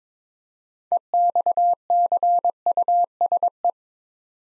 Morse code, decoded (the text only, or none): EXCUSE